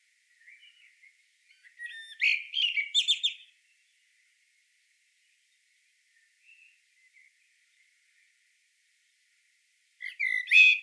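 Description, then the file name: Common blackbird gives a run of harsh, squeaky chattering notes, then falls quiet apart from faint ticks, before a final short burst of high twittering. "Turdus merula"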